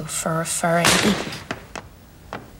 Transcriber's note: soundbite of bang